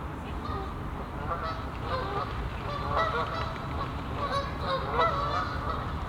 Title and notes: Plantentuin, Meise, Belgique - Oies - Geese. Meise, jardin botanique. Des oies sur l'étang du chateau de Bouchout. Enregistrement binaural